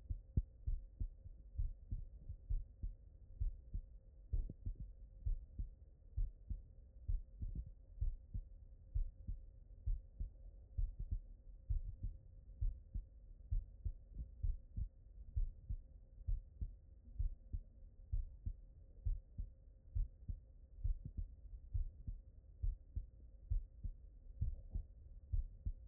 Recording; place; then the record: heart sounds by stethoscope; pulmonary valve (PV)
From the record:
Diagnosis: non-HFrEF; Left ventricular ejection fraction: 60%